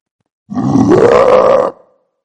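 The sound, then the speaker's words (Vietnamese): A single deep, rough growl from the beast Lục Túc Đao Trì rises in pitch and holds for about a second before cutting off, loud and throaty with no talking over it. “Lục Túc Đao Trì phát ra một tiếng gầm gừ về phía Đằng Thanh Sơn, con mắt đỏ như máu, lại lộ ra sự hưng phấn cùng với chiến ý.”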